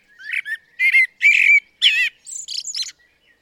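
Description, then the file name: Common blackbird singing a short phrase: a few low fluted notes rising and sliding, then a thin, high twittering flourish at the end. "Turdus merula"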